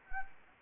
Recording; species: mosquito wingbeat signal from an infrared sensor; Anopheles arabiensis